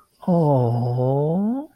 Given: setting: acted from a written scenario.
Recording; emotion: vocal sound without words; adoration